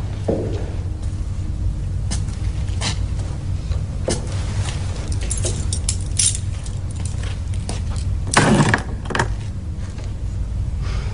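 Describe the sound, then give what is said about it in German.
The keys to a 1974 Ford Granada GLX Coupé jingle and clink in a series of bright, irregular metallic taps, with a louder rattling burst near the end, all over a steady low hum and no talking. “Das ist der Schlüssel zu einem 74er Granada GLX Coupé von Ford.”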